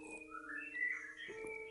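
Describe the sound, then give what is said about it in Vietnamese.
Kept birds outside sing at midday with high, whistling notes that glide up and down over a steady low hum, ending in a brief sharp click. Fairly quiet, with no talking. “Các bạn thông cảm nhé, đang đọc trưa cho nên là chim bên ngoài nó hót ghê quá, hơi ồn.”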